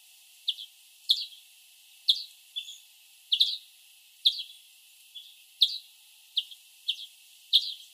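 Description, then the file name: European greenfinch calls, high chirps in irregular pairs and singles, roughly one or two each second, with a few softer notes between. "Chloris chloris"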